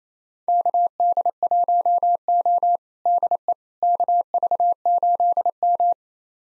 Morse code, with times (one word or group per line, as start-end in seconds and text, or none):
0.5-2.8 KD1O
3.1-3.5 DE
3.8-5.9 KV8M